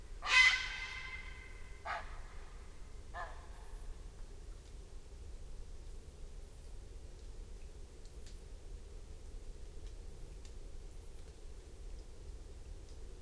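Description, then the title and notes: Grey heron, one loud harsh croak at the start, then two fainter rasping calls, followed by a long stretch of steady low hiss. Grey heron calling at night in Surjoux-Lhopital, France; recorded with Lom Usi Pro stereo AB microphones and a Zoom F8. "Surjoux-Lhopital, France. cri du héron cendré"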